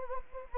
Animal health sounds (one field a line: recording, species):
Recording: mosquito wingbeat signal from an infrared sensor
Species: Anopheles gambiae